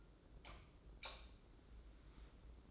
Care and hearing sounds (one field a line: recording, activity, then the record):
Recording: daily activity, microphone in the room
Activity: light off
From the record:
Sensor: 3